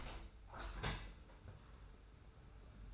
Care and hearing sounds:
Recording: daily activity, microphone in the room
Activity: open window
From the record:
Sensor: 2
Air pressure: 991.1 hPa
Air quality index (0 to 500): 124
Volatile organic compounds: 104 ppm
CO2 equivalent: 3782 ppm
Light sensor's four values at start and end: 37/107/42/40 and 37/108/43/41

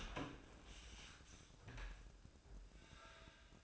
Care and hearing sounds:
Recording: daily activity, microphone in the room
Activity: open door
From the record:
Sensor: 2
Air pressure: 1012.2 hPa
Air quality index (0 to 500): 157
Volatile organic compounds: 2 ppm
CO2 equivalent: 1148 ppm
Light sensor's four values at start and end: 373/934/379/397 and 375/940/381/399

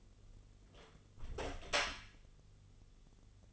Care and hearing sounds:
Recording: daily activity, microphone in the room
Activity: close door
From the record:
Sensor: 4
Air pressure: 1016.1 hPa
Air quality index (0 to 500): 209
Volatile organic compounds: 13 ppm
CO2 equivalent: 2390 ppm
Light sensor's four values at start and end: 9/20/8/7 and 9/20/8/7

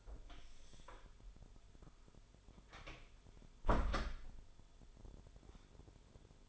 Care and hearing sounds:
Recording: daily activity, microphone in the room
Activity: close door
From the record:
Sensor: 5

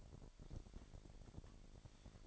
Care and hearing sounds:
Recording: daily activity, microphone in the room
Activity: take from stove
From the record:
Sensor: 5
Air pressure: 1012.2 hPa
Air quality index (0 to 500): 236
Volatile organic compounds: 4 ppm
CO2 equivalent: 1569 ppm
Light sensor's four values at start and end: 44/99/42/45 and 45/103/43/45

